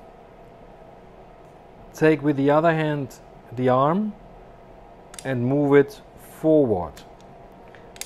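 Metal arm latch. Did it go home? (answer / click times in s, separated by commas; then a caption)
yes / 8.0 s. A small knob on the articulated arm of an MCL31 Dermablate Er:YAG laser is lifted, and the arm is moved forward with the other hand while someone talks. A sharp click at 8.0 s marks the arm locking into a position that is easier to manage.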